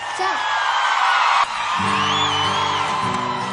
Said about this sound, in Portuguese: Parabéns, hein, gente? Parabéns. Vamos, galera. Palmas.